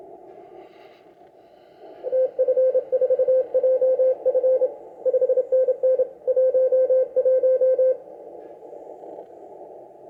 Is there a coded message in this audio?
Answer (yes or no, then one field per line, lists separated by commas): yes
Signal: Morse code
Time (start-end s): 2.1-7.9 s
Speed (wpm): 26 wpm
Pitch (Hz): 520 Hz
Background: none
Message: TF4JF 5NN 11